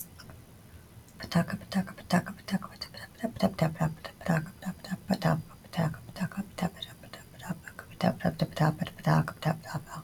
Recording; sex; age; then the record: repeated syllables /pa ta ka/; female; 30 to 39 years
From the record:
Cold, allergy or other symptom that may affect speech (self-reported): no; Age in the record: 36 years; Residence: Georgia, United States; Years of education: 17